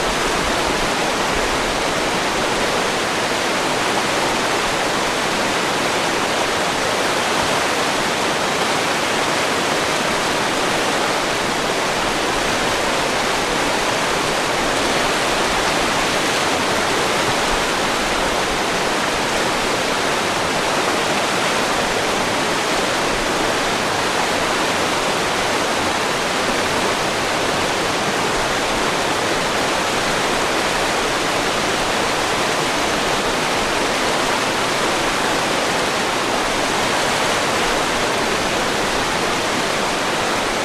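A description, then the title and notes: The Spokane River roars in a steady, dense rush of white water, bright, unchanging for the whole stretch with no other sounds. Spokane River white noise.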